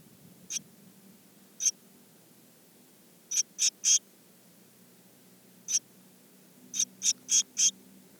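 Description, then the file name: Eurasian blue tit calling with brief, very high clipped notes, some single and some in rapid runs of three or four, separated by quiet gaps. "Cyanistes caeruleus"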